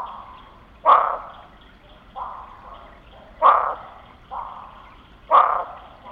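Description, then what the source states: Barking frog repeating a loud, punchy bark roughly every two seconds, with fainter barks filling the gaps. Texas.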